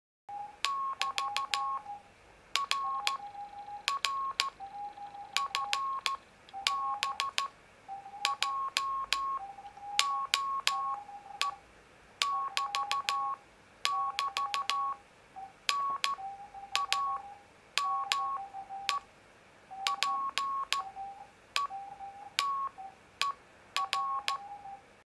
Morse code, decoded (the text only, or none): <BT> R R FB JOE <BT> <BT> NAME PETER